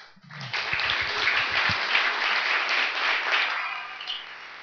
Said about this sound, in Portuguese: Vamos aplaudir.